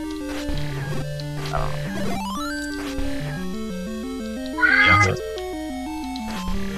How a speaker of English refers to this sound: Meow!